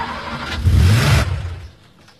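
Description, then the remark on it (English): A car engine that has just been repaired turns over in a single rough, rumbling burst lasting under a second, then sputters out and fades without catching. No one speaks. “Turn on the engine and let's see what happens.”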